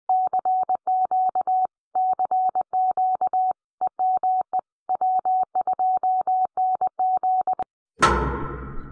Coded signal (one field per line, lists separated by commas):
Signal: Morse code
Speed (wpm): 20 wpm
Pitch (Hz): 750 Hz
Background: none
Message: CQ CQ EME W2NG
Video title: Dr. Joe Taylor Presents More on FT8's Future at the FairLawnARC.org Guest Presentation Series.